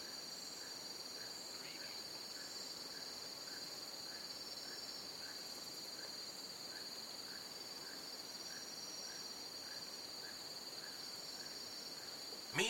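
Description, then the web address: Crickets in a continuous high-pitched trilling chorus; softer short chirps repeat steadily; a sharp noise at the very end. Jungle crickets. "the sound pack tree. jungle crickets"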